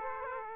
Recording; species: mosquito wingbeat signal from an infrared sensor; Aedes aegypti